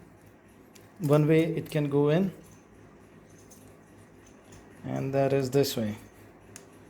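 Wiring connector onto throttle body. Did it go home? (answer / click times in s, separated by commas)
yes / 6.6 s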